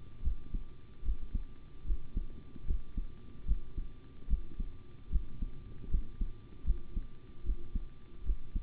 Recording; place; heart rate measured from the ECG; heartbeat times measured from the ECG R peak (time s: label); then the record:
heart sounds by stethoscope; between the tricuspid and mitral areas; 75 bpm
0.22 s: heartbeat
1.03 s: heartbeat
1.85 s: heartbeat
2.65 s: heartbeat
3.46 s: heartbeat
4.28 s: heartbeat
5.10 s: heartbeat
5.89 s: heartbeat
6.64 s: heartbeat
7.44 s: heartbeat
8.24 s: heartbeat
From the record:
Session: rest, sitting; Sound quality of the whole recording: good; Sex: male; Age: 25 years